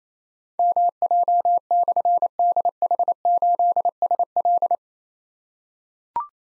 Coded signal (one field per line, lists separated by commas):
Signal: Morse code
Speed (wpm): 29 wpm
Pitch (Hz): 700 Hz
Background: none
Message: MJ/DH8SL